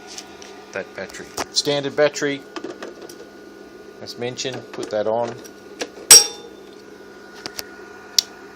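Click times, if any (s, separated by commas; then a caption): 8.2 s. Someone talks while a standard power-tool battery pack is slid onto the base of an ACT i85 Maintainor battery charger and pushed until it latches, with a loud sharp knock at about 6.1 s. A crisp click at 8.2 s marks the battery seating firmly onto the charger.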